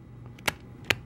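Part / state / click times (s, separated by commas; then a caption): slim plastic case onto smartphone / seated / 0.5 s, 0.9 s. A slim plastic case is pressed onto a Galaxy S9 smartphone, giving two sharp snaps at 0.5 s and 0.9 s over a low background hum. The case snaps and locks into place on the phone.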